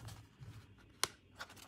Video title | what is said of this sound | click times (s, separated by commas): Sunflower Triangle Corner Pop Up card | you hear that little snap | 1.0 s